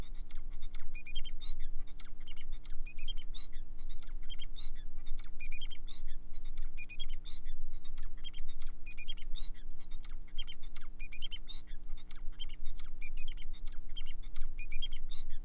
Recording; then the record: song of a male Bengalese finch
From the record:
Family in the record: son of father 4